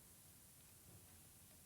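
A new wiper blade is wiggled into position on the wiper arm hook of a Grand Caravan before being pulled until its plastic clip clicks. Only a steady broadband hiss with faint low rumble and light rustling is heard. Nothing has clicked or seated yet.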